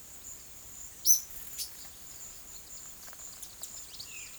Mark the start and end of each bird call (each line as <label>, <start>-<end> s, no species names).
bird call, 0.90-1.70 s